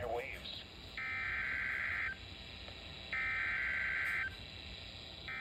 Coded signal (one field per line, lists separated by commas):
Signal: Emergency Alert System (SAME) tones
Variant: header bursts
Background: speech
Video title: XYLONXD Direct 2.7.2026 | EAS #36-47